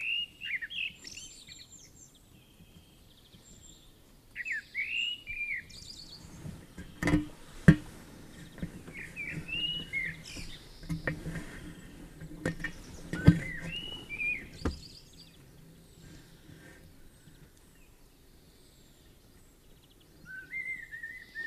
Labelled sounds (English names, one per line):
Common Blackbird song